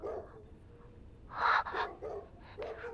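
Several dogs bark in a farmhouse courtyard: a loud cluster of two or three sharp barks in the middle, then a softer bark near the end, with quieter yips and faint background noise in between.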